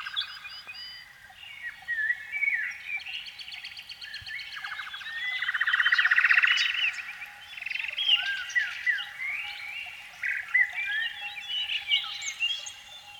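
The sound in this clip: Canary singing a dense, warbling stream of trills and buzzy rolls that swells louder midway, with a steady hum underneath.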